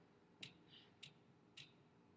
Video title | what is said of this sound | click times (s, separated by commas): Jay-Mo Clips - Big Red Oil Change 1985 Honda ATC250ES | clicking mm-hmm that's to say you're tight enough oh really okay | 0.4 s, 1.0 s